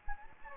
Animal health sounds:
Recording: mosquito wingbeat signal from an infrared sensor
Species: Anopheles gambiae

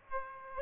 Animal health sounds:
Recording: mosquito wingbeat signal from an infrared sensor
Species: Aedes aegypti

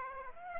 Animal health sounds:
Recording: mosquito wingbeat signal from an infrared sensor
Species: Aedes aegypti

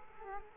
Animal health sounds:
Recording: mosquito wingbeat signal from an infrared sensor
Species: Culex quinquefasciatus

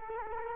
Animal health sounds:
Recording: mosquito wingbeat signal from an infrared sensor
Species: Culex quinquefasciatus

